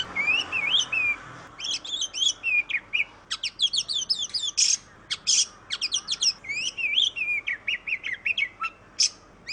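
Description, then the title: Oriental magpie-robin song: a rich, fast medley of whistled warbles, sharp downslurred notes and harsh buzzy bursts, delivered in quick varied phrases with brief pauses. Masteran song, used for training other birds to copy it. "suara kacer masteran"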